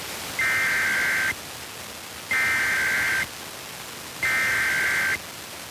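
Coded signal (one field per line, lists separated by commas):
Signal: Emergency Alert System (SAME) tones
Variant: header bursts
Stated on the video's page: Required monthly tests from Pennsylvania broadcast and TV stations.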